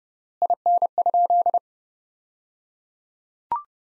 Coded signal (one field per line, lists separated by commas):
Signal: Morse code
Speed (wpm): 30 wpm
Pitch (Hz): 700 Hz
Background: none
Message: IN?